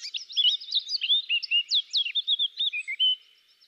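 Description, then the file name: Eurasian blackcap song phrase: a loud, clear run of varied whistled notes, rising and falling quickly for about three seconds, then ending. "Sylvia atricapilla"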